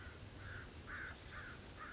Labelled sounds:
American Crow (Corvus brachyrhynchos)
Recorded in Sonoma County, California

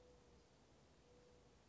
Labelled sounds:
Mourning Dove (Zenaida macroura)
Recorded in Sonoma County, California

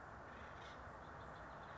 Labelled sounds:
House Finch (Haemorhous mexicanus)
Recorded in Sonoma County, California

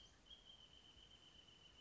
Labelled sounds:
Wrentit (Chamaea fasciata)
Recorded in Sonoma County, California

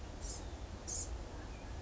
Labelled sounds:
Blue-gray Gnatcatcher (Polioptila caerulea)
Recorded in Sonoma County, California

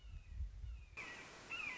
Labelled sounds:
Red-shouldered Hawk (Buteo lineatus)
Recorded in Sonoma County, California

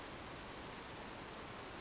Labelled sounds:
Western Flycatcher (Empidonax difficilis)
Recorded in Sonoma County, California

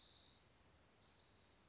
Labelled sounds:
Western Flycatcher (Empidonax difficilis)
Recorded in Sonoma County, California

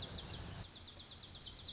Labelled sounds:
Lazuli Bunting (Passerina amoena)
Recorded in Sonoma County, California

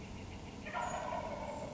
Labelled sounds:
Wild Turkey (Meleagris gallopavo)
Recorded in Sonoma County, California

